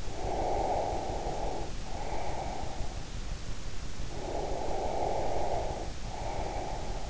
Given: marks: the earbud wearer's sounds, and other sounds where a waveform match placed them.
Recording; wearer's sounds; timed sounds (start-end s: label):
sounds in sleep by an in-ear microphone; breath
0.04-2.81 s: breath
4.04-7.10 s: breath